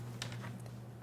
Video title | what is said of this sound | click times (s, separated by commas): Tested In-Depth: Apple Watch Long-Term Review | Uh, it snaps onto the back. | 0.2 s